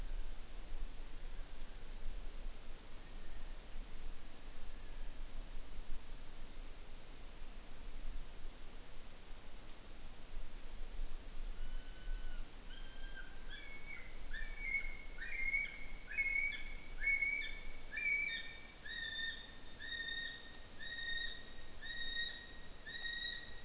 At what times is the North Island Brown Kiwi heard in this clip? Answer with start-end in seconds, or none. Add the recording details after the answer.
0.00-5.39, 11.43-23.64. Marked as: faintness 4/5, faintness 1/5. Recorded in New Zealand on 5 June 2013. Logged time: 02:19